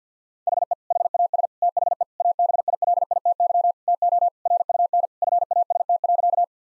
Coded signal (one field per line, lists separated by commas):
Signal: Morse code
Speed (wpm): 50 wpm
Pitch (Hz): 700 Hz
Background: none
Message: HE HAS THE ABILITY TO RUN FAST.